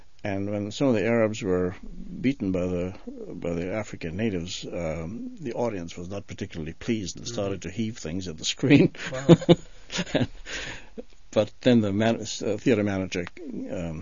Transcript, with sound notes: And when some of the Arabs were beaten by the, by the African natives the audience was not particularly pleased and started to heave things at the screen. (he laughs) But then the mana..., the theatre manager, um,